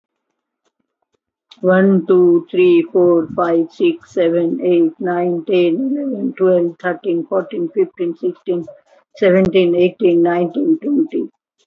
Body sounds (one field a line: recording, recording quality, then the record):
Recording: counting at a normal pace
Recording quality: excellent, no background noise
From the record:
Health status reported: healthy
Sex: female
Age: 58 years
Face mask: not worn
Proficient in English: yes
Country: India